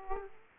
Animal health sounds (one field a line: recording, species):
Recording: mosquito wingbeat signal from an infrared sensor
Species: Aedes aegypti